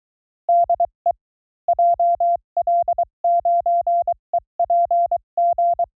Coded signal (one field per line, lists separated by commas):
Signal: Morse code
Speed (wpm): 23 wpm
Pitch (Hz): 690 Hz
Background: none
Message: DE JL9EPG